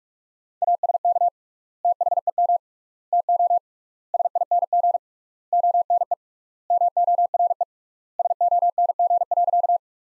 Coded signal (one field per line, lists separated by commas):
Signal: Morse code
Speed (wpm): 42 wpm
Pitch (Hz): 700 Hz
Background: none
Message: ASK THEM TO SING ONE MORE SONG.